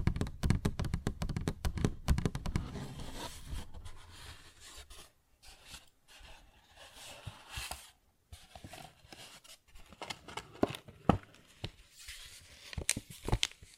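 Tapping and scratching on a paper bag, opening with a dense run of quick, thumping taps with a solid low body for the first two seconds. After that the sound turns lighter and papery, with rustling scratches, brief pauses near five and eight seconds, and scattered sharp taps later on.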